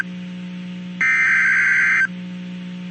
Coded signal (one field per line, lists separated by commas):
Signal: Emergency Alert System (SAME) tones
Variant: header bursts